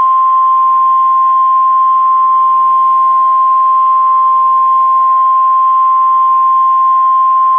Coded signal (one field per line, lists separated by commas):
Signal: Emergency Alert System (SAME) tones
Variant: 1050 Hz attention tone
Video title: Angry EAS: Severe Thunderstorm Warning